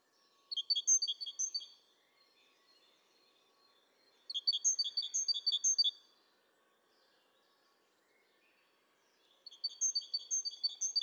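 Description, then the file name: Great tit singing three bursts of a rhythmic repeated phrase, with pauses between, over a faint steady hum. "Parus major"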